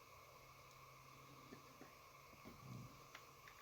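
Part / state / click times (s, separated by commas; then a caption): ignition coil connector onto coil pack / seated / 3.1 s. During a spark plug change on a Honda CR-V, a plastic ignition coil electrical connector is pushed back onto the coil pack. Over a steady background hum with a few soft handling sounds, a quiet but audible snap is heard at about 3.2 seconds as the connector seats into place.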